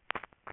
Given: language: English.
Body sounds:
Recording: throat vibration sensor signal played as sound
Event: swallow

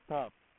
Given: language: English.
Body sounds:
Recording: throat vibration sensor signal played as sound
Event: speech

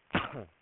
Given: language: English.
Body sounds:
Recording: throat vibration sensor signal played as sound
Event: cough

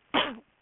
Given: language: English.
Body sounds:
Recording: throat vibration sensor signal played as sound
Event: cough

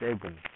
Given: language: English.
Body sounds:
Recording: throat vibration sensor signal played as sound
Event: speech

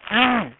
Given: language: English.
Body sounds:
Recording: throat vibration sensor signal played as sound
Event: throat clearing

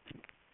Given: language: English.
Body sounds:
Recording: throat vibration sensor signal played as sound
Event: swallow

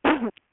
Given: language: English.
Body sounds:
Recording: throat vibration sensor signal played as sound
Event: cough

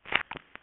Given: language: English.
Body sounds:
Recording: throat vibration sensor signal played as sound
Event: swallow

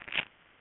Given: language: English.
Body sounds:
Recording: throat vibration sensor signal played as sound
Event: swallow

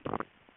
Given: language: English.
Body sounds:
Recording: throat vibration sensor signal played as sound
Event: swallow

